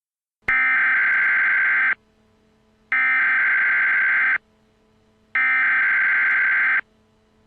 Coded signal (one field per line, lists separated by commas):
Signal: Emergency Alert System (SAME) tones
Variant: header bursts